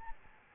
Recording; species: mosquito wingbeat signal from an infrared sensor; Aedes albopictus